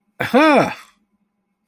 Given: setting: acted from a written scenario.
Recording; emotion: vocal sound without words; positive surprise